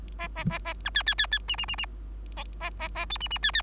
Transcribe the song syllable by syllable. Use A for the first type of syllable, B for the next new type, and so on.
A A A A B C C C C D D D D A A A A E D D C C